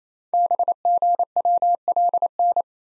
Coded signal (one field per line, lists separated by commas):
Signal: Morse code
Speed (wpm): 28 wpm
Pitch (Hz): 700 Hz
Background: none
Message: BGWLN